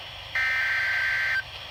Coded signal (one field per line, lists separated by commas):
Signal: Emergency Alert System (SAME) tones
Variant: header bursts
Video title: NOAA Radio (Livestream EAS # 6) Special Marine Warning In Florida